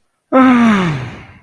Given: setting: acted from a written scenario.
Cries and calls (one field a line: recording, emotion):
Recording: vocal sound without words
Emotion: ecstasy